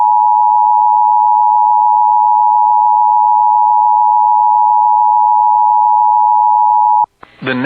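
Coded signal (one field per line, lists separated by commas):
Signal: Emergency Alert System (SAME) tones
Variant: 853 and 960 Hz attention tone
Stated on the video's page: Live NOAA Weather Radio EAS tones for a Severe Thunderstorm Warning.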